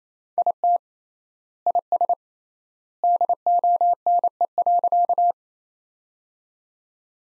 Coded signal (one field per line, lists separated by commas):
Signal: Morse code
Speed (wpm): 28 wpm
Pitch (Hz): 700 Hz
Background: none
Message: IT IS DONE.